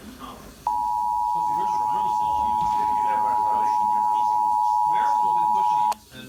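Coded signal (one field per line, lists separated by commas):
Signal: Emergency Alert System (SAME) tones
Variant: 853 and 960 Hz attention tone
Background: speech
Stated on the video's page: Required monthly test relayed by Washington DC area radio and TV stations, received on one radio.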